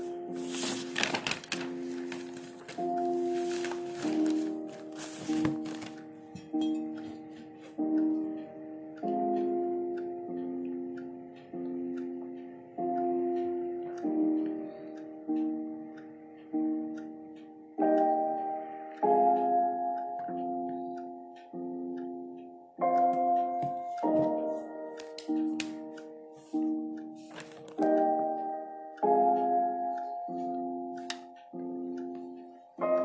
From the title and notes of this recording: Dark academia Study with me in the evening. Pencil ASMR, ticking of the clock and some dark academia music.